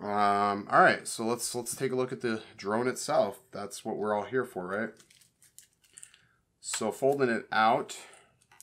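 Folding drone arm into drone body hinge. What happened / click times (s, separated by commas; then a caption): The arm was handled and unfolded but had not yet locked; no seating click / none. Someone talks while handling an Autel EVO drone, unfolding a drone arm at its hinge in the drone body, with faint short handling noises around 5.4–6.1 s and again near 8.4–8.6 s. The arm has not clicked into its unfolded position yet; nothing has seated by the end of the clip.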